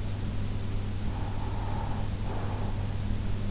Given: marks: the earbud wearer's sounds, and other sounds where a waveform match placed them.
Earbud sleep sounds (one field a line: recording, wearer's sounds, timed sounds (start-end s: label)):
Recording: sounds in sleep by an in-ear microphone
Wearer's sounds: breath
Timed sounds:
0.47-3.02 s: breath